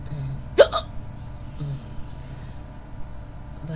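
Sharp, abrupt hiccups with brief vocal catches from an adult woman, one near the start and another pair at about four seconds, in a quiet room late at night; the hiccups are keeping her from falling asleep.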